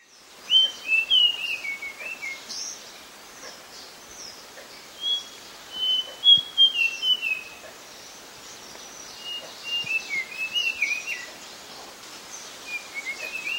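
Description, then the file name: Pale blue flycatcher singing several warbling whistled phrases with short gaps, the notes sliding up and down at a high pitch against soft steady background noise. "sikatan biru muda"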